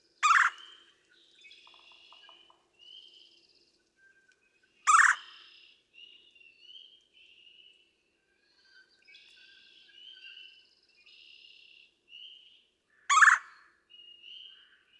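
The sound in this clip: Red-bellied woodpecker calls: three loud, short rolling churrs spaced several seconds apart, with soft whistles and twittering in between.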